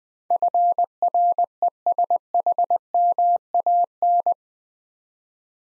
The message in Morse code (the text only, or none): FRESHMAN